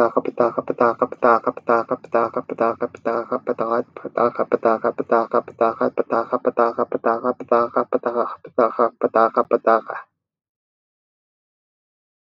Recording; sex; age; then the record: repeated syllables /pa ta ka/; male; 20 to 29 years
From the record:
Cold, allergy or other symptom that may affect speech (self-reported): no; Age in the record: 23 years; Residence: Maryland, United States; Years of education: 16